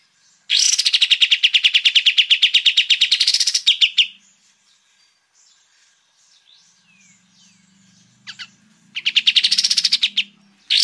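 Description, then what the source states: Sooty-headed bulbul song: three loud, rapid buzzy rattles of repeated notes, the first about three and a half seconds long and the last cut off, with soft twittering and a faint low hum between. Singing energetically at full intensity in the song style locally called brenciu.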